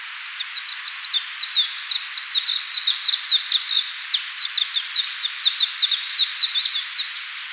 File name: Zosterops japonicus